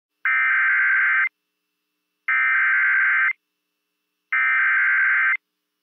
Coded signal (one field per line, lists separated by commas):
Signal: Emergency Alert System (SAME) tones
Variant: header bursts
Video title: EAS Timeline October Upper Midwest Storms NOAA Weather Radio (SVRs and a TOR) +WeatherSTAR4000